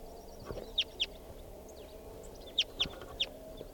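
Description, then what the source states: Crossbill calls, short sharp descending chips given singly and in quick pairs, with faint other chips and a low steady background hum. Wild female; one of the males caught is thought to be her mate.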